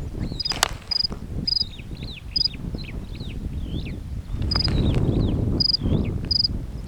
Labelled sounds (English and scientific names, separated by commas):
Superb Starling (Lamprotornis superbus) flight call